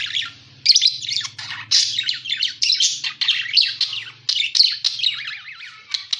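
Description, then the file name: Parakeet chattering with rapid buzzy warbles and squeaky notes over a faint low hum. Lure sound used to attract and catch parakeets. "pancingan suara burung parkit"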